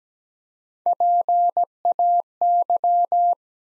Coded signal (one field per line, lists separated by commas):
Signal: Morse code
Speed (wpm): 17 wpm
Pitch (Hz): 700 Hz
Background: none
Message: PAY